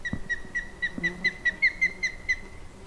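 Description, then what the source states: Osprey alarm call: a rapid series of short, clear whistled notes. Female's alarm call during May–June nest rounds, replacing the spring courtship call; nesting season, with late nestings that year.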